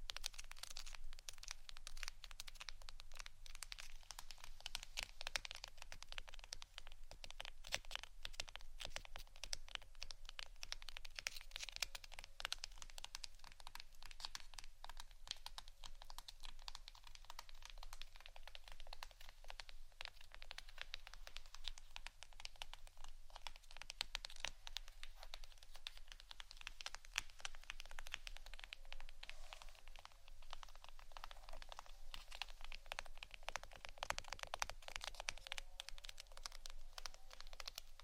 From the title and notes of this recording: ASMR Intense Scratching. (No Talking).